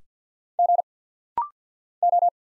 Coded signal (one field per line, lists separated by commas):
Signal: Morse code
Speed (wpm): 48 wpm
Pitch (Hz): 700 Hz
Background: none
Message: G O